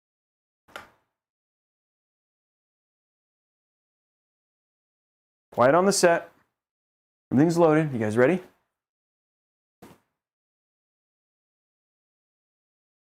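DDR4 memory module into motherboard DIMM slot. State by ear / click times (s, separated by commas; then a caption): not seated / none. A DDR4 memory module is being handled at a motherboard DIMM slot, but nothing has seated or clicked yet. A short tap is heard near 0.8 s, then someone talks in two bursts around 5.6–6.1 s and 7.3–8.5 s, and a faint brief sound comes near 9.8 s before silence.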